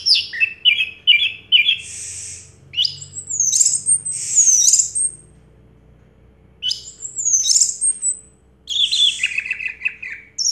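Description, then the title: Orange-headed thrush song, quick chipping notes followed by long high slurred whistles and hissy bursts, broken by quiet pauses, with a faint low hum underneath. Recording played to coax a silent orange-headed thrush into singing. "Anis Merah Macet.. Pancing Dengan Suara Ini.. 100 Ampuh. # Anis Merah"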